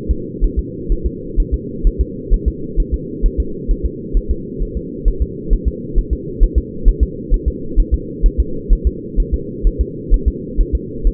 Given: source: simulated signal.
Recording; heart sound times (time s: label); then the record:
fetal heart sounds
0.11 s: S2
0.44 s: S1
0.59 s: S2
0.92 s: S1
1.06 s: S2
1.40 s: S1
1.54 s: S2
1.87 s: S1
2.01 s: S2
2.34 s: S1
2.48 s: S2
2.80 s: S1
2.94 s: S2
3.26 s: S1
3.40 s: S2
3.71 s: S1
3.86 s: S2
4.17 s: S1
4.31 s: S2
4.62 s: S1
4.77 s: S2
5.08 s: S1
5.22 s: S2
5.53 s: S1
5.68 s: S2
5.98 s: S1
6.13 s: S2
6.43 s: S1
6.58 s: S2
6.88 s: S1
7.03 s: S2
7.34 s: S1
7.48 s: S2
7.80 s: S1
7.94 s: S2
8.26 s: S1
8.40 s: S2
8.73 s: S1
8.87 s: S2
9.20 s: S1
9.34 s: S2
9.67 s: S1
9.81 s: S2
10.14 s: S1
10.28 s: S2
10.61 s: S1
10.75 s: S2
11.07 s: S1
From the record:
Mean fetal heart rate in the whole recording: 130 bpm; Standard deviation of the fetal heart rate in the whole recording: 2 bpm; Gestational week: 38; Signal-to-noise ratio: -4.3 dB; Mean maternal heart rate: 72 bpm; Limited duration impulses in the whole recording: absent